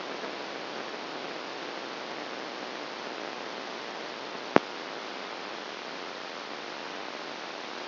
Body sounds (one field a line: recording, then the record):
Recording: brain microelectrode recording played as sound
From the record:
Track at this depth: inside the subthalamic nucleus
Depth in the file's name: 4.002 mm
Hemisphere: left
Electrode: 1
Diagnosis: Parkinson's disease